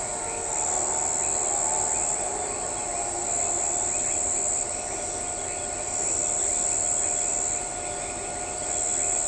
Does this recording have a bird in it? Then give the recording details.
no. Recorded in shrubland near Pivijay, Magdalena, Colombia, on 17 April 2023 at 03:30. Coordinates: 10.453, -74.365. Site P5-G022